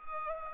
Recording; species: mosquito wingbeat signal from an infrared sensor; Culex pipiens